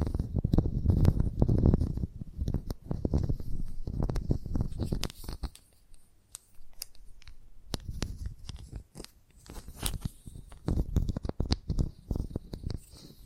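Chalk taps and scratches in uneven bursts, with dense, gritty scraping strongest in the first five seconds and again around eight and eleven seconds. Sharp individual taps punctuate the quieter stretches, and a faint high hiss runs underneath throughout.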